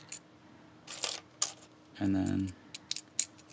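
Plastic pieces of a slot car garage model are handled and pressed into the garage structure, with light tapping and clicking throughout and someone talking briefly in the middle. A sharp snap at 3.2 s marks the plastic part seating into place, joining the model into one piece.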